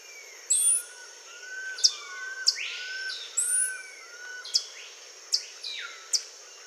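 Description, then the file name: Bird calls: high, clipped chips every second or so, with softer downward-sliding whistles and a couple of rising swept notes. "SABIOD 50 bird 2015"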